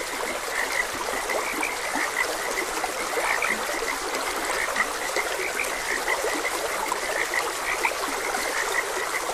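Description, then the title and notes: Many frogs croak together in quick, overlapping bursts while a stream trickles and gurgles constantly beneath them. Frogs croaking beside a gentle stream; continuous nature ambience. "Gentle Stream and Frogs Croaking - 4 Hr Calming Sounds of Nature |Ep56. Sleep and Relaxation Podcast"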